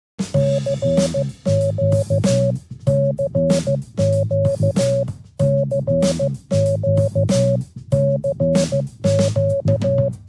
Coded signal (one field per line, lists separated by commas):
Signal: Morse code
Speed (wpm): 15 wpm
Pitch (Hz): 550 Hz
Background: music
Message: CQ CQ CQ CQ